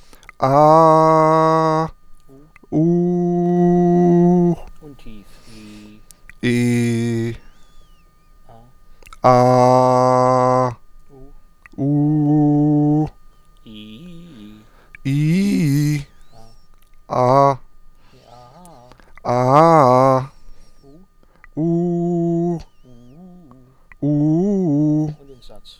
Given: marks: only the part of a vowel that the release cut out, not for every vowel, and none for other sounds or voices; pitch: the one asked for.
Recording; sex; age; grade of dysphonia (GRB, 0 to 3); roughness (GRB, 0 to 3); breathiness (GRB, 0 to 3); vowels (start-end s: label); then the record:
sustained vowels; male; 30 to 39 years; 0; 0; 0
0.72-1.75 s: vowel /a/, high pitch
2.94-4.39 s: vowel /u/, high pitch
6.51-7.26 s: vowel /i/, low pitch
9.36-10.59 s: vowel /a/, low pitch
11.85-12.95 s: vowel /u/, low pitch
15.11-15.90 s: vowel /i/, low-high-low pitch
24.09-24.98 s: vowel /u/, low-high-low pitch
From the record:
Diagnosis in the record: healthy voice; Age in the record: 32 years